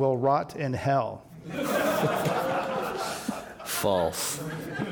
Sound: laughter

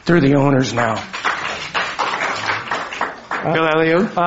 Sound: applause

